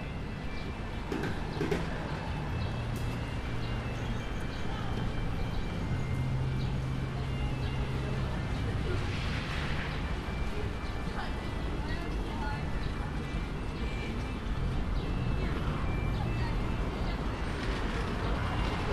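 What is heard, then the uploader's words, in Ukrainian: An evening outdoors by a main university building, with many passersby talking in an overlapping crowd murmur. A steady low rumble of traffic runs underneath, and faint music tones surface now and then, most clearly between about six and nine seconds. Вечір біля головного корпусу НаУКМА. Запис зроблений біля пам'ятника Григорію Сковороді. Грає музика, багато перехожих. Вечір.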